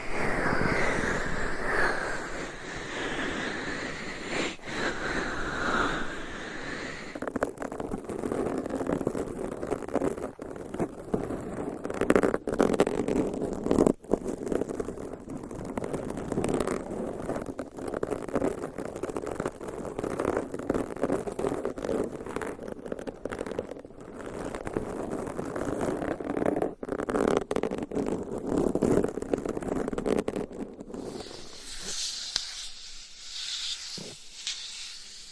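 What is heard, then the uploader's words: Binaural microphone scratching and rubbing fills the clip, a dense, continuous rasping texture centered in the low-mids with brief tap-like ticks scattered throughout. The first seven seconds are brighter and hissier, and near the end the sound thins into a high, airy rustle. Binaural Mic Scratching & Tapping That Changes Every 30 Seconds.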